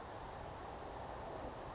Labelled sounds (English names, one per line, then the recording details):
Western Flycatcher
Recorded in Sonoma County, California